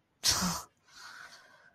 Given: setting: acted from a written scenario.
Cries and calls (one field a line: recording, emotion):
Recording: vocal sound without words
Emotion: contempt